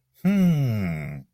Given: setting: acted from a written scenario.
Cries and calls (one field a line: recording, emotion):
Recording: vocal sound without words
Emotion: realization